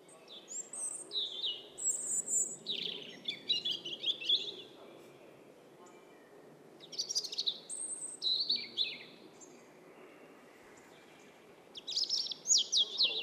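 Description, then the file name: European robin delivering high, liquid warbled phrases with sliding whistles and short trills, three separate phrases broken by pauses of a few seconds. "Erithacus rubecula"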